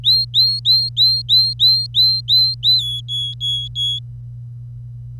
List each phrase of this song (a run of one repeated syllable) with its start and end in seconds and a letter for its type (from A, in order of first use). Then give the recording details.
0.04-2.79 A, 2.81-3.99 B. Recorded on 25 April 2018 at 09:35. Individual llb3